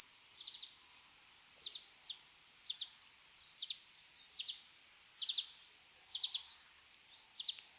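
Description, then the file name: European greenfinch giving bright, twittering chirps in clusters about once a second, over constant high hiss. "Chloris chloris"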